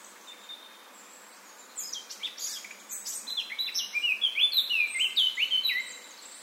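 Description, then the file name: Eurasian blackcap song begins after a quiet opening, with soft chattering notes that build into loud, fluty, down-slurred whistles repeated quickly. "Sylvia atricapilla"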